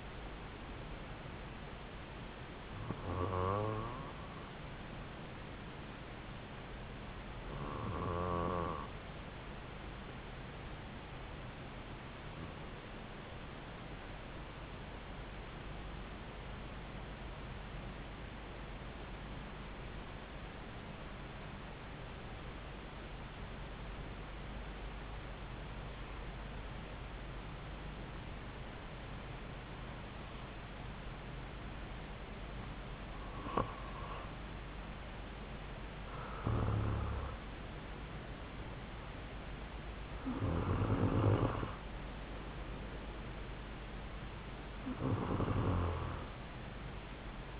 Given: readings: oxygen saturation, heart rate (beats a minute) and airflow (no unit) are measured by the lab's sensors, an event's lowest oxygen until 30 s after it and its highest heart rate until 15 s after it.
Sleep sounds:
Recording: breathing in sleep by a voice recorder at the bedside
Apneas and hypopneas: 1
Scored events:
9.00-38.70 s: hypopnea (N2, oxygen 96% highest, then 93% lowest)
From the record:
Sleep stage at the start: N2 (light sleep)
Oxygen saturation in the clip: 93 to 96%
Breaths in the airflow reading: 11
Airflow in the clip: -4.3 to 3.8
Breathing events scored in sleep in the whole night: 270 in 6.1 hours asleep

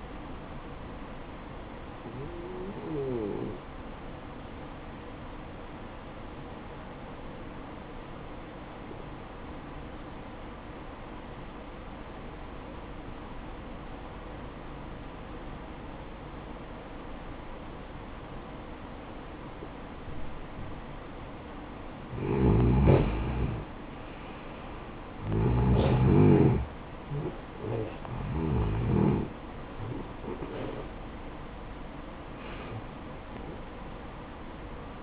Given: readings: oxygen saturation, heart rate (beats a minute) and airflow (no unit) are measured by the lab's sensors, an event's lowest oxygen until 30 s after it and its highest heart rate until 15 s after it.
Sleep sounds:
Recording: breathing in sleep by a voice recorder at the bedside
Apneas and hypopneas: 1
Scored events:
9.00-22.70 s: obstructive apnea (N1, oxygen 96% highest, then 87% lowest, heart rate 59 at the start, 68 highest)
From the record:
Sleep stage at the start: N1 (lightest sleep)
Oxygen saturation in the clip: 88 to 96%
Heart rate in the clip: 55 to 68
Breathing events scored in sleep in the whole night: 573 in 9.8 hours asleep

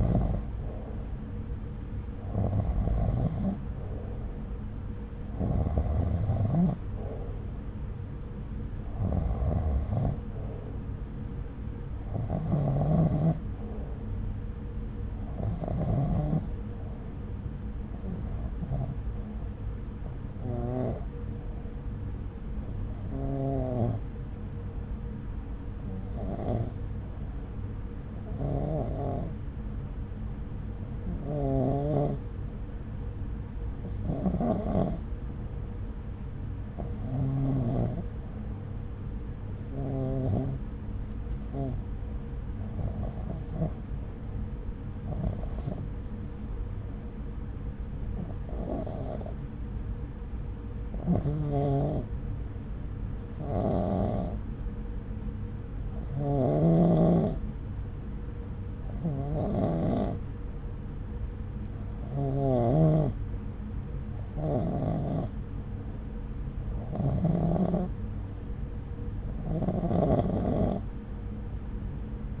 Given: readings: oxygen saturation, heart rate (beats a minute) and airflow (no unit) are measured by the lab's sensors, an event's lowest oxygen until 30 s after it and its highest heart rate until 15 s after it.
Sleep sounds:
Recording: breathing in sleep by a smartphone at the bedside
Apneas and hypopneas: 1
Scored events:
26.00-67.60 s: hypopnea (REM, oxygen 95% highest, then 90% lowest, heart rate 69 at the start, 69 highest)
From the record:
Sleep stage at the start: REM sleep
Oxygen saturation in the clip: 90 to 95%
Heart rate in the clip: 66 to 70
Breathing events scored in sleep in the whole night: 303 in 8.1 hours asleep

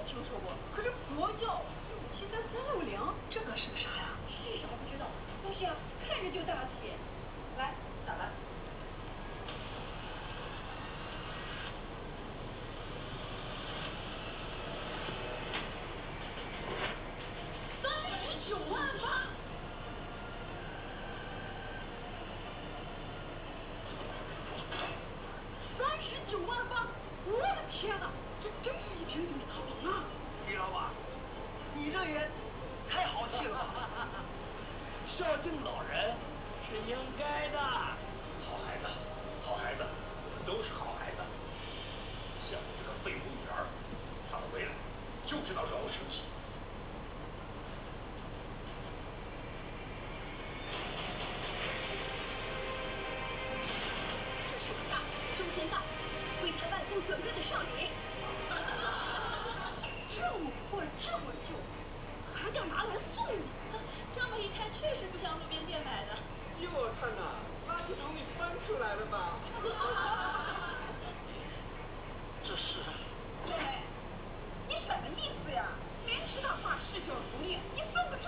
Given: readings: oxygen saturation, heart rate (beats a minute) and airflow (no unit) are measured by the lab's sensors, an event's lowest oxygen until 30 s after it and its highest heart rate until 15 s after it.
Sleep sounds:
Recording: a person awake in a sleep study, by a voice recorder at the bedside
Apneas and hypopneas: none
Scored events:
0.00-78.28 s: awake
From the record:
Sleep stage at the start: awake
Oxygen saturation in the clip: 93 to 94%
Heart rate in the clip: 58 to 65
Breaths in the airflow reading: 26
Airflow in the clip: -5.6 to 6.1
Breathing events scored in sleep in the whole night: 476 in 9.7 hours asleep

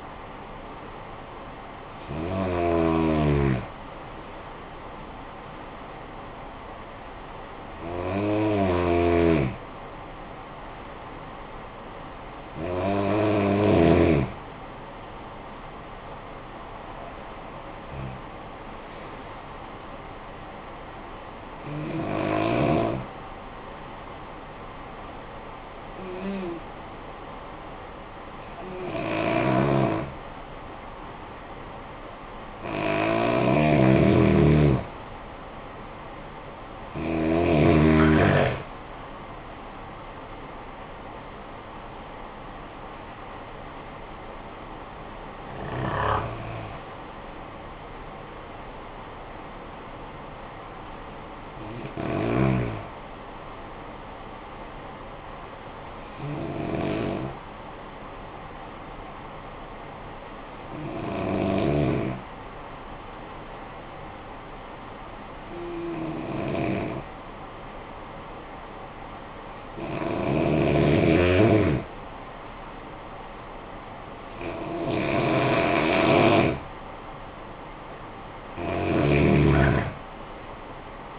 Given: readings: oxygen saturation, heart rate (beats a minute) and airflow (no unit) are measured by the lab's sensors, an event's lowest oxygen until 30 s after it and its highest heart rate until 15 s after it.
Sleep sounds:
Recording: breathing in sleep by a voice recorder at the bedside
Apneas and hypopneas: 2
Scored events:
4.00-34.00 s: new sleep stage, N2 (light sleep)
19.00-33.80 s: hypopnea (N2, oxygen 96% highest, then 91% lowest, heart rate 63 at the start, 66 highest)
34.00-81.19 s: new sleep stage, N1 (lightest sleep)
58.00-73.80 s: hypopnea (N1, oxygen 96% highest, then 90% lowest, heart rate 54 at the start, 69 highest)
From the record:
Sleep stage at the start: N1 (lightest sleep)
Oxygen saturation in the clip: 87 to 96%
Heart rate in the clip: 47 to 66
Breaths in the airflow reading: 18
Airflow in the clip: -13.0 to 12.9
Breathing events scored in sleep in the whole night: 445 in 7.6 hours asleep

